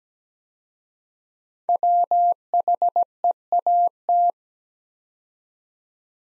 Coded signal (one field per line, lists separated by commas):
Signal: Morse code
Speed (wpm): 17 wpm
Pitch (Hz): 700 Hz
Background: none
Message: WHEAT